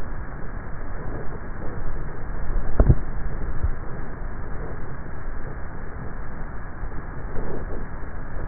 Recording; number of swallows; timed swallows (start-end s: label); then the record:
swallowing sounds by neck microphone; 1
2.45-3.62 s: swallow
From the record:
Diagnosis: dysphagia